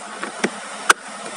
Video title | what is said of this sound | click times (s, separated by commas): TUTORIAL CARA MEMBERSIHKAN FILTER KABIN AC TOYOTA SIENTA ▶️ RUANG KABIN JADI SEGAR DAN BEBAS VIRUS | bunyi Klik, nah ini sudah pas | 0.9 s